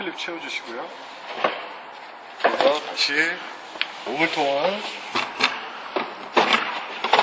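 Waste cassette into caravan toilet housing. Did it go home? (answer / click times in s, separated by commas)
yes / 7.1 s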